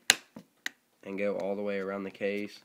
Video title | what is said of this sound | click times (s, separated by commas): LifeProof for iPhone 5 - Review | push and you'll hear little snapping sounds | 0.1 s, 0.7 s